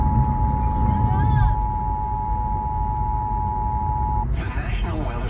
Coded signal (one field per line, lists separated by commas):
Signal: Emergency Alert System (SAME) tones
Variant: 853 and 960 Hz attention tone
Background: speech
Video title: SEVERE THUNDERSTORM WARNING IN THE CAR - EAS#44